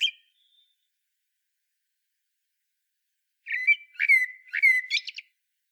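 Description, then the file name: Common blackbird: a brief note at the outset, a pause, then one fluting song phrase breaking into squeaky high twitters. "Turdus merula"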